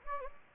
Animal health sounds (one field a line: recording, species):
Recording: mosquito wingbeat signal from an infrared sensor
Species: Anopheles gambiae